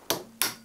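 A large torque wrench tightens a steel nut on a Ducati 900 SS engine to 186 Nm. A sharp click is heard at 0.4 s as the wrench breaks over at its setting, following an earlier knock at 0.1 s. The nut is confirmed tightened to torque.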